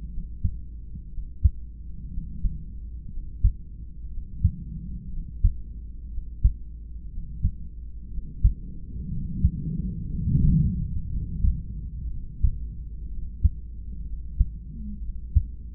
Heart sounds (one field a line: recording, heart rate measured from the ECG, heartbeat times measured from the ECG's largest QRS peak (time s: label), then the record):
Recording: heart sounds by stethoscope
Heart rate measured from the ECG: 60 bpm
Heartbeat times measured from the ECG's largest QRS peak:
0.07 s: heartbeat
1.08 s: heartbeat
2.08 s: heartbeat
3.07 s: heartbeat
4.07 s: heartbeat
5.07 s: heartbeat
6.08 s: heartbeat
7.08 s: heartbeat
8.08 s: heartbeat
9.07 s: heartbeat
10.08 s: heartbeat
11.07 s: heartbeat
12.07 s: heartbeat
13.07 s: heartbeat
14.03 s: heartbeat
14.99 s: heartbeat
From the record:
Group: heart failure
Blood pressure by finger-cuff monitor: 107/62 mmHg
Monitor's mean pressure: 80 mmHg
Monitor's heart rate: 60 bpm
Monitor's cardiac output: 4.2 L/min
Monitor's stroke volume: 70 mL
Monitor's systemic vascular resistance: 1380 dyn s/cm5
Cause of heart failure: idiopathic cardiomyopathy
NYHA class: 2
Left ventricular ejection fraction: 17%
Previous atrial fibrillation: present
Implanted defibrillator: present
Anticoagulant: edoxaban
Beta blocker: bisoprolol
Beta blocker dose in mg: 7.5 twice daily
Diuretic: furosemide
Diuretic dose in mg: 20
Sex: male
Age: 63 years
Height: 160 cm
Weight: 69 kg